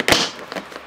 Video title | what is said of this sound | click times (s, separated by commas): How to... Dodge Viper Convertible Boot Cover "INSTALL" | snap in place like that. | 0.1 s, 0.5 s, 0.8 s